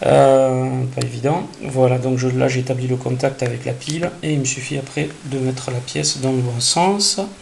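Someone talks throughout while handling the upper half of a plastic, LED-lit Dwarven Forge Dungeon of Doom miniature terrain piece, having made contact with the battery in its base and now turning the half the right way to fit it on. No distinct handling noises stand out over the voice, and the part has not yet seated or clicked into the base.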